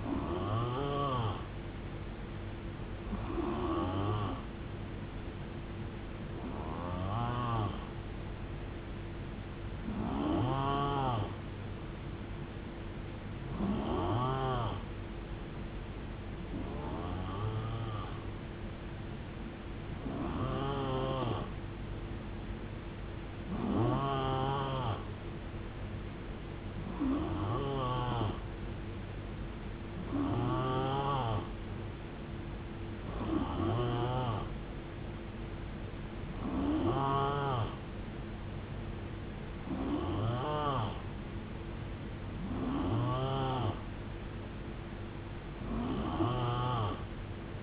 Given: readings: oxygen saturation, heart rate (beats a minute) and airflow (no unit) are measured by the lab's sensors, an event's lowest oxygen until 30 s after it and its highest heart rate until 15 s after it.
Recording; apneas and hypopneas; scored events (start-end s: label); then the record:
breathing in sleep by a voice recorder at the bedside; none
none scored
From the record:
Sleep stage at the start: N3 (deep sleep); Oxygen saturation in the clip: 89 to 91%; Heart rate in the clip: 65 to 79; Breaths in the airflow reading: 14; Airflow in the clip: -7.7 to 4.5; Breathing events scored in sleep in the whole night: 389 in 6.3 hours asleep